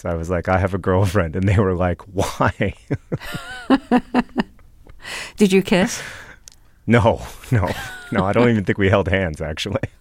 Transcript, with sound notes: I was like, I have a girlfriend. And they were like, why?
(LAUGHTER) Did you kiss?
No, no. No, I don't even think we held hands, actually.